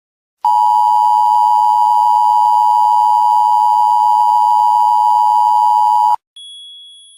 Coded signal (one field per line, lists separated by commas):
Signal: Emergency Alert System (SAME) tones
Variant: 853 and 960 Hz attention tone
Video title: The L I G H T S: EAS scenario ￼